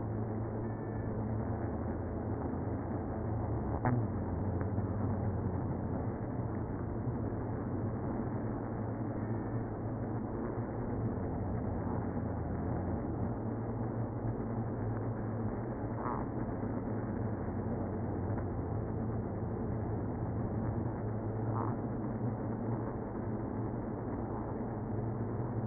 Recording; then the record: honeybee colony, microphone inside the hive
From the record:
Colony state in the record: queenless (queen removed); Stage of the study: after two queens were removed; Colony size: about 60,000 bees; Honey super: yes